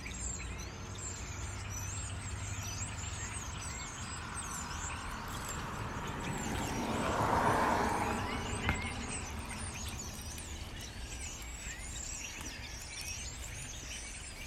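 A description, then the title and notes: Birds chatter constantly in high, busy chirps while a vehicle swells past in the middle, over a low, steady traffic rumble. I recorded these crazy birds that wouldn’t quiet down for twenty minutes.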